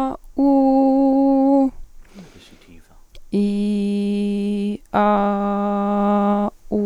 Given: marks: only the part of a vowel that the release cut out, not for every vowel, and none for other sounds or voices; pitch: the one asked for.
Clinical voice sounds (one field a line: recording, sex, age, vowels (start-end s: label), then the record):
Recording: sustained vowels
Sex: female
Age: 20 to 29 years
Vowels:
0.49-1.53 s: vowel /u/, high pitch
3.52-4.65 s: vowel /i/, low pitch
5.06-6.35 s: vowel /a/, low pitch
From the record:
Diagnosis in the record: healthy voice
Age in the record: 21 years